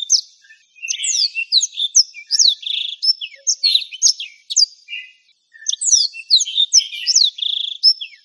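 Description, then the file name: Black-throated canary singing in rapid, high-pitched phrases of sweeping chirps and short trills, with two short silent gaps between bursts. "suara burung blackthroat"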